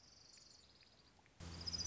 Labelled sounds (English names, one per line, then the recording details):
Orange-crowned Warbler
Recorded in Sonoma County, California